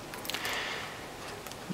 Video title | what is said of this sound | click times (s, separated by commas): PhaSeal Instructional Video | connector fits into here like this and turn it clockwise until it clicks this | 0.3 s